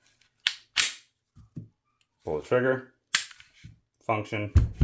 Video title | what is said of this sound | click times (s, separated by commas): S&W EQUALIZER TEAR DOWN, OIL POINTS AND CLEANING! | go ahead and push this forward until it snaps into place | 0.5 s